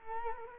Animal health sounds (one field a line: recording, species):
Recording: mosquito wingbeat signal from an infrared sensor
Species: Culex quinquefasciatus